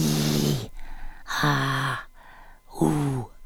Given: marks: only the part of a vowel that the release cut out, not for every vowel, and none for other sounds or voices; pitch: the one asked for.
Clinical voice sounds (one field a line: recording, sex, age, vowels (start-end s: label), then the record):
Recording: sustained vowels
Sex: female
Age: 70 to 79 years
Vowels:
0.00-0.54 s: vowel /i/, normal pitch
1.44-1.95 s: vowel /a/, normal pitch
2.83-3.21 s: vowel /u/, normal pitch
From the record:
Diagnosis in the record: recurrent laryngeal nerve paralysis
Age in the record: 72 years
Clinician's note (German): Li, strumipriv, gute Restbeweglichkeit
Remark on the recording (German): alle u's (un, uh, ul, um) sind zu kurz; sie wurden trotzdem gelabelt